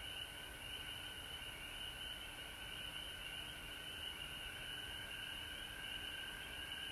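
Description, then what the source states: Frogs in a continuous chorus, a dense high-pitched ringing with steady layered tones and soft flickering calls throughout. Recorded at home in Georgia on March 19, 2020.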